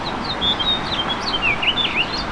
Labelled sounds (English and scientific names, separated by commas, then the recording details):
House Finch (Haemorhous mexicanus) song
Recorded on Long Island, New York, on 25 May 2011
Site FH
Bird B